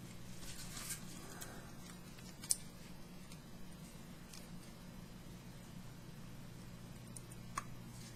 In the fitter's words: Oh, some nice little click.